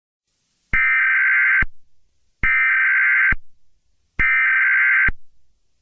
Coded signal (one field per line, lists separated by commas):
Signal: Emergency Alert System (SAME) tones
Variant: header bursts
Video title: EAS Scenario Two: Werewolf Invasion: Resistance and Redemption.